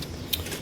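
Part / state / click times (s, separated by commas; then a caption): hinged flap part clipped into its mounting clip on a vent assembly / seated / 0.3 s. A hinged flap part on a vent assembly is lined up so its hole meets its mounting clip, then pushed in. After a faint tick near the start, a sharp, short snap is heard at 0.3 s as the flap clips into place and is seated.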